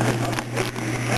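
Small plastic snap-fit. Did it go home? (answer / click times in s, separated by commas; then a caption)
yes / 0.4 s. The torso half of a plastic Mechagodzilla action figure is pushed back into the other half after the two were pulled apart. A single sharp pop sounds at 0.4 s over a steady low hum and background noise. The halves seat and pop back together.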